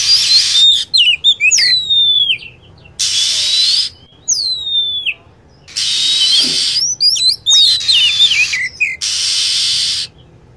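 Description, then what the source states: Lovebird giving shrill, falling whistled calls and clustered chirps, separated by several long blocks of harsh hiss. Lure sound used to attract lovebirds.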